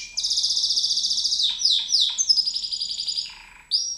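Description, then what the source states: White-eye giving a continuous high buzzy trill, broken by quick down-slurred notes, then a short pause and a final bright chirp. Song in the ngerol ngalas style.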